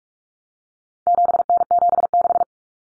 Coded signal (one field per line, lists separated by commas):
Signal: Morse code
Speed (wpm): 44 wpm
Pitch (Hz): 700 Hz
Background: none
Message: 7N76